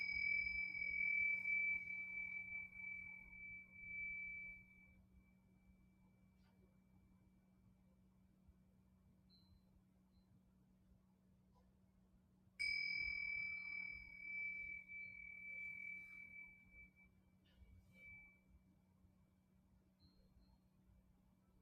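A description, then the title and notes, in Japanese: A singing bowl is struck twice, near the start and at about 12.5 seconds, each bright ring slowly fading over a steady low hum. メキシコからお届け。Singing Bowl のサウンドヒーリング。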